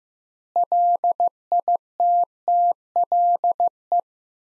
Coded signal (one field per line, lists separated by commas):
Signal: Morse code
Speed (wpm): 15 wpm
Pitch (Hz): 700 Hz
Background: none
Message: LITTLE